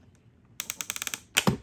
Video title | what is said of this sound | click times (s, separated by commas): How to install Dodge Charger US Speedo Daytona Edition Custom Gauge Face Swap (BLUE) #gauges #dodge | So I guess you're going to want to turn it counterclockwise like this. You're going to hear a click. You want to pull up at the same time. | 1.4 s